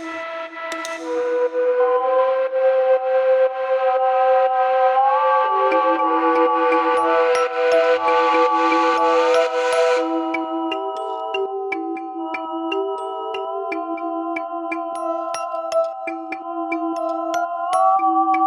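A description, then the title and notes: Sustained bell tones layer into a steady ringing chord, pitches shifting in stepwise changes, with a brighter shimmering wash fading out around ten seconds. Bell Tones.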